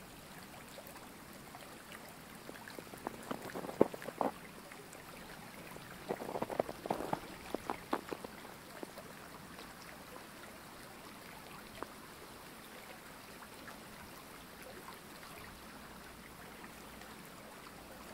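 A creek flows steadily through snow-covered woodland, a constant soft rushing that fills the whole clip. Short crunching footsteps in snow cluster around four seconds and again between six and eight seconds, with a few scattered crunches afterward.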